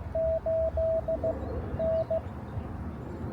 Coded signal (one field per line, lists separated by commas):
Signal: Morse code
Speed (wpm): 15 wpm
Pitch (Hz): 660 Hz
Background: none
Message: 8 N